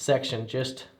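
A Magpul polymer M-Lok handstop's top piece is handled over the M-Lok rail section of a rifle handguard, ready to be pressed down so its tabs snap in between the slots. Someone talks throughout. Nothing has seated or clicked yet.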